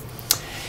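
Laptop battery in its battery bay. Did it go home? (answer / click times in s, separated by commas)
released / 0.3 s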